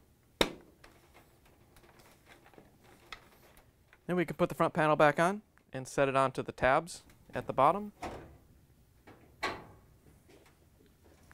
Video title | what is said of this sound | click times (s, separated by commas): How To: GE Door Latch WE1M1011 | and then snap the whole piece in so you hear it click so you know it's locked in | 0.4 s